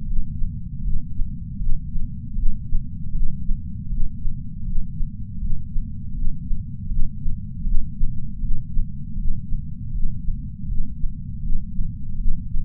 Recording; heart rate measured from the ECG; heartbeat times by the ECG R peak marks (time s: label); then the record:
heart sounds by patch sensor on the chest; 79 bpm
0.05 s: heartbeat
0.82 s: heartbeat
1.58 s: heartbeat
2.35 s: heartbeat
3.12 s: heartbeat
3.89 s: heartbeat
4.64 s: heartbeat
5.39 s: heartbeat
6.14 s: heartbeat
6.88 s: heartbeat
7.64 s: heartbeat
8.40 s: heartbeat
9.16 s: heartbeat
9.92 s: heartbeat
10.67 s: heartbeat
11.42 s: heartbeat
12.17 s: heartbeat
From the record:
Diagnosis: coronary artery disease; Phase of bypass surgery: intraoperative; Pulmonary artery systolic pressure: 26 mmHg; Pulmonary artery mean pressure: 18 mmHg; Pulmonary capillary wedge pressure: 8 mmHg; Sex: female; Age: 52 years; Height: 163 cm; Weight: 80 kg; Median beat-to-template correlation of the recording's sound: 0.89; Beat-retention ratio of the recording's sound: 0.99